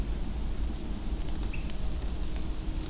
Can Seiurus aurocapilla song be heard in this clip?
no